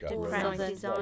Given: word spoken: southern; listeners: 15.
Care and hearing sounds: one English word in noise, from a listening test; four-talker babble; -2.6 dB; 0 of 15; 9 of 15; 0.62 s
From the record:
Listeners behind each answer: 9, 5, 1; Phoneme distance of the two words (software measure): 64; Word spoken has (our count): 2 syllables, 5 phonemes, stress on syllable 1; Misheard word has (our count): 2 syllables, 7 phonemes, stress on syllable 2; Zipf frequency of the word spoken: 4.50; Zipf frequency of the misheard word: 3.89

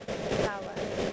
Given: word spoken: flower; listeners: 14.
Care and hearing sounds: one English word in noise, from a listening test; noise modulated by three-talker babble; -7.5 dB; 1 of 14; 6 of 14; 0.73 s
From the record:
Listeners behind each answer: 6, 1, 1, 1, 1, 1, 1, 1, 1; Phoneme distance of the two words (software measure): 17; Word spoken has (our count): 2 syllables, 4 phonemes, stress on syllable 1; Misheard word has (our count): 2 syllables, 3 phonemes, stress on syllable 1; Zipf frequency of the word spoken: 4.50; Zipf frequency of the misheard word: 5.29

